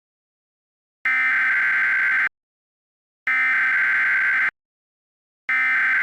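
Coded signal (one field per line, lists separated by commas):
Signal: Emergency Alert System (SAME) tones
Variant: header bursts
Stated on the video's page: Simulated EAS scenario.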